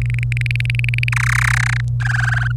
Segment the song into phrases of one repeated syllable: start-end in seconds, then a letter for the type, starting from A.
0.02-1.09 A, 1.12-1.80 B, 2.00-2.52 C